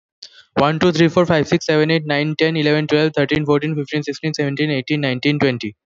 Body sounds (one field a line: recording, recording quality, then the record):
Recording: counting at a fast pace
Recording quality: excellent, no background noise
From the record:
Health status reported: healthy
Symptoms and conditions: none ticked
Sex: male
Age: 27 years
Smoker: yes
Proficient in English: yes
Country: India